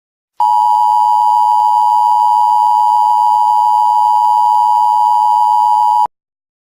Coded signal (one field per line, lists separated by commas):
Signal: Emergency Alert System (SAME) tones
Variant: 853 and 960 Hz attention tone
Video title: EAS Scenario #2: Thanksgiving (Happy Thanksgiving Everyone)